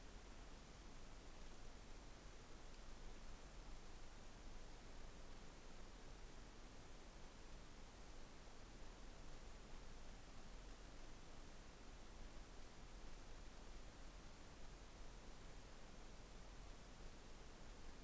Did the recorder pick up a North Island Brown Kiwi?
no